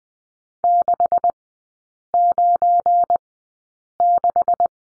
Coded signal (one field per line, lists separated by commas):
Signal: Morse code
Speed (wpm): 20 wpm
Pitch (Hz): 700 Hz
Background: none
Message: 696